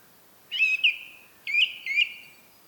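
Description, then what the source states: Song thrush song: a short whistled, slightly buzzy phrase repeated a few times. Recorded at Rambjøra on 30 March 2023 with a Zoom recorder.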